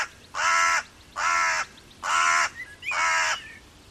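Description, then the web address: Bird giving loud, harsh crow-like caws, four evenly spaced calls each about half a second long, with a faint higher note between the last two. "cianscape. Deverinetal. Bird Only"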